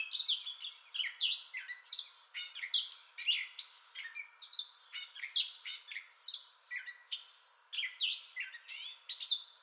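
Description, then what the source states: Gray catbird song, a fast medley of buzzy, squeaky and whistled notes, phrases following one another almost without gaps. Entire song bout, recorded 30 May 2021.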